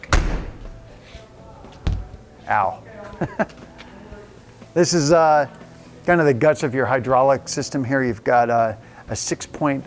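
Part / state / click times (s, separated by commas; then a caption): slam latch on a toy hauler baggage compartment door / seated / 0.1 s. A thick, inch-and-a-half baggage compartment door on a 2016 Keystone Raptor 425TS toy hauler is slammed, and its slam latch locks the door shut with a solid thud at 0.1 s. Someone then talks.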